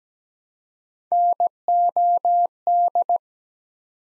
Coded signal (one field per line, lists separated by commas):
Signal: Morse code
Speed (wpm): 17 wpm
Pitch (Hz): 700 Hz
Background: none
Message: NOD